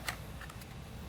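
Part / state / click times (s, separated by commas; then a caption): flashback shroud/reflective booster onto LED light bar housing / not seated / none. A plastic flashback shroud, or reflective booster, is handled against the polycarbonate housing of a Star/SVP ULB9E Mini Phantom interior LED light bar, producing a short, sharp plastic tick near 0.1 s and a fainter one near 0.5 s over a steady low hum. The shroud is not yet home, and nothing has seated or clicked into place.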